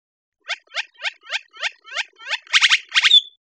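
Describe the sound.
Great-tailed grackle calling: a series of about seven dry, clacking notes, then two louder triple-clack bursts ending in a brief thin whistle; otherwise quiet.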